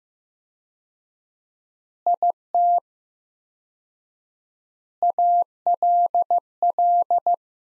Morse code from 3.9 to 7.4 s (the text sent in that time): ALL